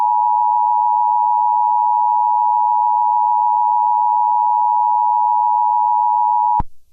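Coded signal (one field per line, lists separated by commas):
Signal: Emergency Alert System (SAME) tones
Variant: 853 and 960 Hz attention tone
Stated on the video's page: Fictional EAS scenario.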